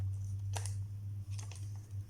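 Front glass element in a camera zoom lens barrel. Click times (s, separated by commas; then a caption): 0.6 s. The front glass element of a Canon 17-85mm IS USM zoom lens is turned and worked free by hand from the lens barrel so it can be cleaned, giving a sharp click at 0.6 s followed by further small ticks over a steady low hum. The element is released and lifted off.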